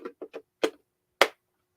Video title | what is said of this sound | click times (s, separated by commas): Cyrus Webb Presents #WeekendDeals on #AmazonLIVE | Very easy to be able just to snap in place here. | 1.2 s